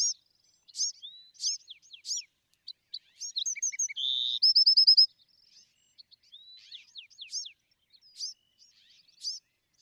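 Bewick's wren gives high downslurred chips, then one full song of a buzzy trill and rapid bright repeated notes, followed by quieter chattering notes.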